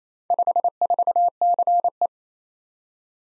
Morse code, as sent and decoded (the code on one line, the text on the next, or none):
..... ....- -.-. .
54CE